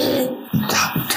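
Two brief, low, rough bursts in a small room, like short coughs or throat clearing from an adult who has a cough.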